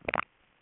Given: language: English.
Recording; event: throat vibration sensor signal played as sound; swallow